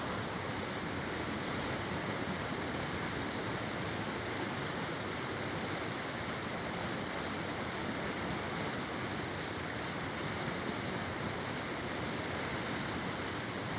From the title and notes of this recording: Recorded standing on a rock in the middle of Río Aynin a.k.a. Río Pativilcen at the point where it goes through the village of Quisipata, Peru. Recorded standing on a rock in the middle of Río Aynin (a.k.a. Río Pativilcen) at the point where it goes through the village of Quisipata, Peru.